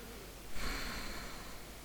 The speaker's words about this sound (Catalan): Y aquí respiro, siento.